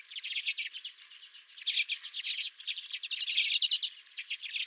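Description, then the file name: Redpoll flock calls: rapid, dry, buzzy chips overlapping in bursts, rising to louder chatter around two and three and a half seconds. Redpolls at the recordist's feeder. "Redpolls at My Feeder"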